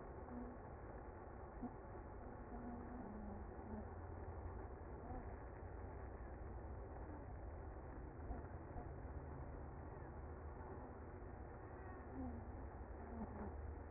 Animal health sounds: honeybee colony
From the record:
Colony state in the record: active

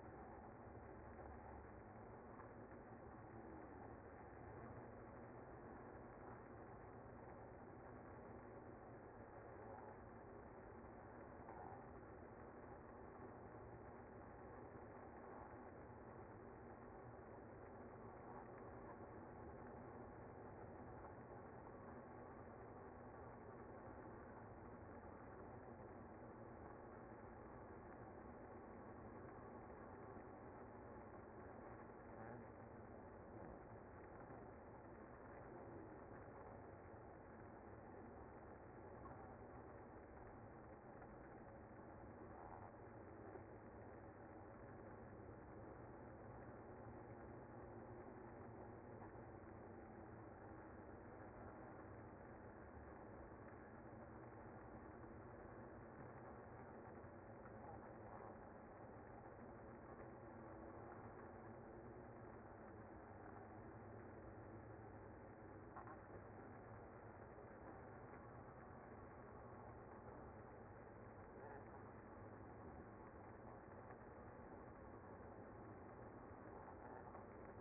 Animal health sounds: honeybee colony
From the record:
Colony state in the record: active

